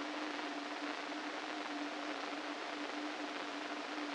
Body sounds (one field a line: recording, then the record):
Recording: brain microelectrode recording played as sound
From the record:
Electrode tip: inside the subthalamic nucleus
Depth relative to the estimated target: -3 mm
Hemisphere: right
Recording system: NeuroSet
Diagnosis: Parkinson's disease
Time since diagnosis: 13 years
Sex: male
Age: 49 years